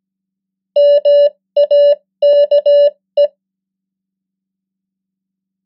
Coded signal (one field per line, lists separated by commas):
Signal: Morse code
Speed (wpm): 17 wpm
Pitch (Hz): 580 Hz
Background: none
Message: MAKE